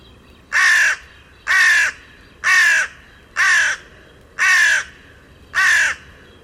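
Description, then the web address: Bird with a regular run of six rough caws, roughly one per second, each with a hoarse, downward-curving tone. "cianscape. Deverinetal. Bird Only"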